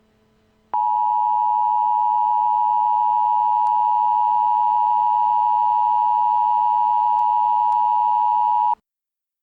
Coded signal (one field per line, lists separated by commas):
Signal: Emergency Alert System (SAME) tones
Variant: 853 and 960 Hz attention tone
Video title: Eas Scenario: 3am (the devil's hour)